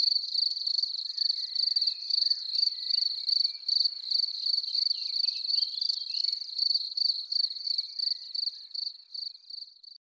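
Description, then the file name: Cricket song, a continuous high shrill trill that pulses rapidly and steadily, fading slightly at the end. "les violons du grillon"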